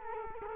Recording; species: mosquito wingbeat signal from an infrared sensor; Culex quinquefasciatus